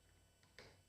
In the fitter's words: and then it pops into place and it just yeah just pops is it did it snap in yeah what